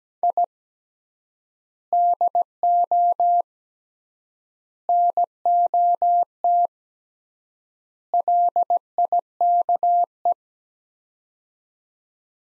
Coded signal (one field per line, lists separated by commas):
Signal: Morse code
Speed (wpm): 17 wpm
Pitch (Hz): 700 Hz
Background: none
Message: I DO NOT LIKE